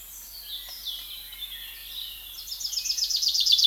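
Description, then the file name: Common chaffinch song: faint sliding high notes at first, then a loud, rapid trill of sharp repeated notes building to the end. "Fringilla coelebs"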